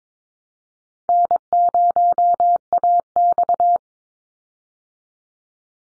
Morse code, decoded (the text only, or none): N0AX